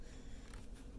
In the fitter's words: the back up like that did you hear that snap and then it will slip right out